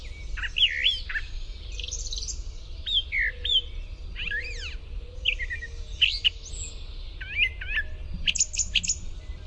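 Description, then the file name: Brown thrasher song of clear, separated phrases, several doubled, with whistled slurs and sharp chips, above a soft steady hum. "BRTH song"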